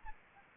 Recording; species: mosquito wingbeat signal from an infrared sensor; Anopheles arabiensis